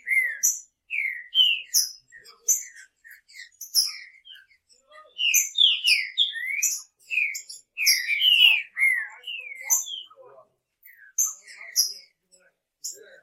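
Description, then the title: Green-winged Saltator song of clear, slurred whistles and sharper high notes, phrases repeated steadily throughout with short silences. "Trinca Ferro"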